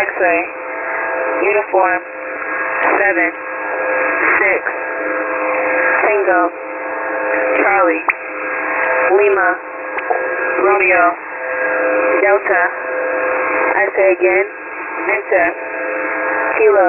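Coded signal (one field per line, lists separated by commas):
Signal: coded military voice message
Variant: HFGCS EAM, English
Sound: male voice reading phonetic-alphabet letters and numbers over a narrow, hissy radio channel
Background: radio static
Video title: US Emergency Action Messages for February 02 2023 – A very special episode presented by Donald Trump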